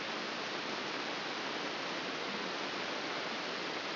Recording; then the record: brain microelectrode recording played as sound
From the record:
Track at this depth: inside the subthalamic nucleus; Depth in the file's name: 3.625 mm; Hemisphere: left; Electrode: 3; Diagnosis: Parkinson's disease